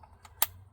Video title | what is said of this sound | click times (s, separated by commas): Umarex Komplete. 22 Cal NCR NitroAir Table Top Review. Flying Can Ranch. | bring it down till it clicks | 0.4 s